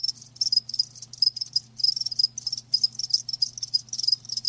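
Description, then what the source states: Crickets chirping, high trills in rapid bursts separated by short pauses, over a quiet constant hum. Live crickets chirping, a lulling song.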